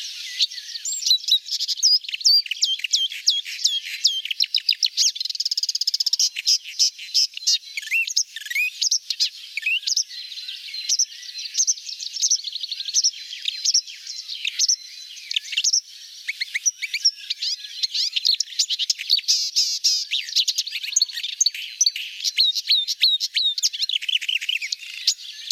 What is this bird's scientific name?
Acrocephalus palustris